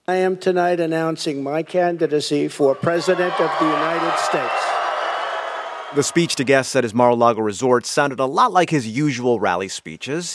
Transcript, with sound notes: I am tonight announcing my candidacy for president of the United States.
(CHEERING) The speech to guests at his Mar-a-Lago resort sounded a lot like his usual rally speeches.